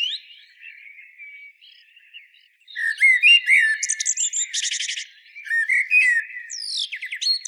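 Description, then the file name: Common blackbird with soft quiet warbling, then a louder burst of whistles mixed with scratchy high twitters and a brief buzzy trill. "Turdus merula"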